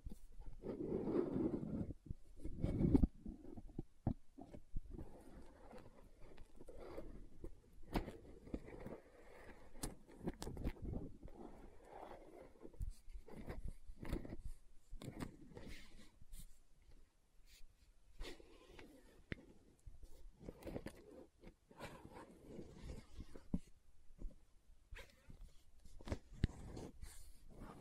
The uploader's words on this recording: Lid Sounds & Bottle Tapping, Scratching.